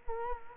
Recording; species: mosquito wingbeat signal from an infrared sensor; Culex quinquefasciatus